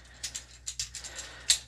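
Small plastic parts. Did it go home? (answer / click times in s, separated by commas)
yes / 1.5 s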